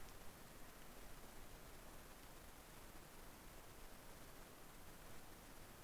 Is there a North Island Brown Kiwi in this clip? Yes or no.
no